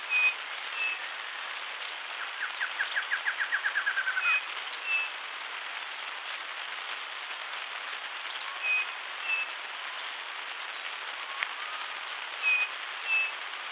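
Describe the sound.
Bird opens with whistles and a quick descending trill, then repeats pairs of high whistled notes several times; a rain-like patter and hiss throughout.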